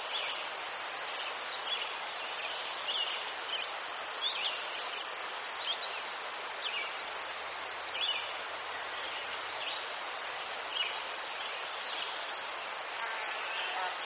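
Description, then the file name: Crickets chirp densely and high without a break, with many short bird calls. Crickets in a forest, with birds and a river in the distance. "les sverchki ptici i shum reki vdaleke"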